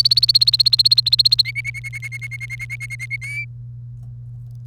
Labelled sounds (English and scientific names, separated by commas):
Domestic Canary (Serinus canaria) song